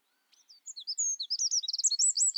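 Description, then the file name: Eurasian wren song starting with a few thin notes, then building into a loud rapid trilling cascade. "Troglodytes troglodytes"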